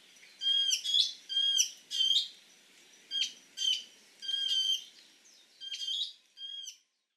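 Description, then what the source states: Bonin white-eye giving high chattering calls, several short burry bursts with clear whistled slurs. Recorded on Hahajima in the Bonin Islands; file dated 110416.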